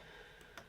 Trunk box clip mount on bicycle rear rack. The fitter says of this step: and you'll hear it click, and then lift.